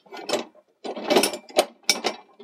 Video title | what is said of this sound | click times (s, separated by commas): Sumner 25' Eventer Crank Lift | Heard the pop. So it's into place, | 1.9 s